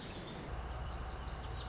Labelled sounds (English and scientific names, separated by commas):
Lazuli Bunting (Passerina amoena)